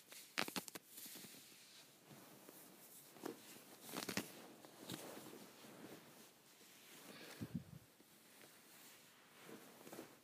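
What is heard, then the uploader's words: Fabric scratching on leggings, a soft continuous hiss of rubbing broken by sharper rasping strokes. Louder scrapes come at irregular moments, near the start, around four seconds, at five, and near seven and a half, with quieter brushing between them. ASMR Scratching my Leggings.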